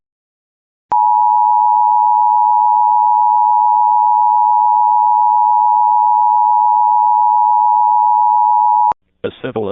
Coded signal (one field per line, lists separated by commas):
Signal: Emergency Alert System (SAME) tones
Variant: 853 and 960 Hz attention tone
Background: speech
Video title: EAS Mahoning county, OH gets double rare alerts (EVI And LAE)